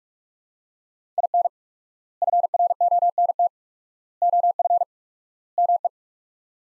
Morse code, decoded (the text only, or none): IN FRONT OF ME